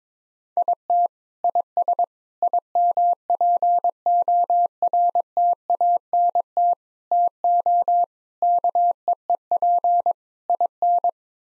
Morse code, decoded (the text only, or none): IT IS IMPORTANT TO KEEP IN